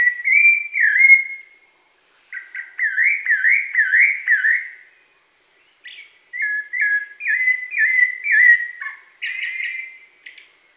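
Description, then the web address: Rufous-bellied thrush song, melodious whistled phrases of repeated slurred notes, delivered in separate bursts with short silences between. Pantanal, Brazil. "sescpantanal. Sabia laranjeira"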